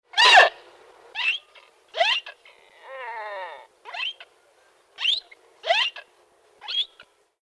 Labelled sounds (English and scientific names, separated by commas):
Chital (Axis axis)